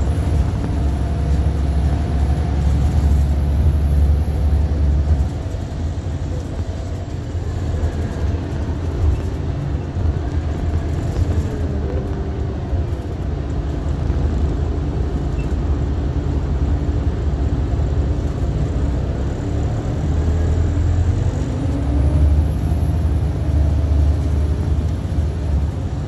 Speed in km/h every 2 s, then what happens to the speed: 71, 68, 64, 48, 44, 23, 2, 0, 3, 10, 21, 26, 35.
2-12 brakes to 2. 12-15 standing. 15-26 pulls away to 35.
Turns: none.